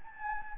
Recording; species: mosquito wingbeat signal from an infrared sensor; Anopheles gambiae